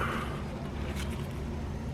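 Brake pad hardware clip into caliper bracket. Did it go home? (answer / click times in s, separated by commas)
no / none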